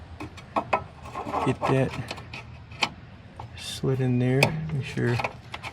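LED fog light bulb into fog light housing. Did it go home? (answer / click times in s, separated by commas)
no / none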